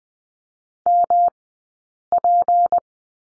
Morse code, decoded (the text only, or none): MP